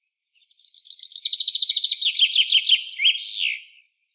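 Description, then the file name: Common chaffinch song: a rapid run of high trilled notes stepping downward and finishing with a sweeping terminal flourish, with no other sounds. "Fringilla coelebs"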